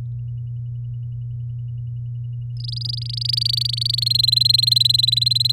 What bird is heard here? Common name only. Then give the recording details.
Domestic Canary. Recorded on 9 May 2018 at 08:19. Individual llb16